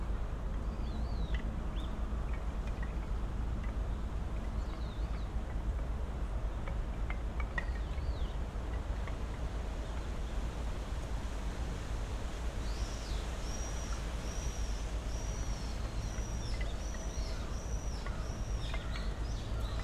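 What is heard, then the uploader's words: Wind roars steadily through tall trees, with a deep, constant rumble of traffic or aircraft underneath. Birds call intermittently throughout, and from about twelve seconds a bird repeats a rapid series of bright, falling chirps. A few faint knocks sound in the middle. Takano Shrine on a Windy December Day. At Takano Shrine in Ritto City, Shiga Prefecture, Japan, we can hear wind blowing through high trees in the sacred grove; noisy aircraft, traffic, and other human sounds; several species of birds; and the clatter of wooden prayer tablets that hang near the main sanctuary.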